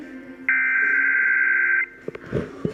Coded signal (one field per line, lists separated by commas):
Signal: Emergency Alert System (SAME) tones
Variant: header bursts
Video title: Required Monthly Test EAS #6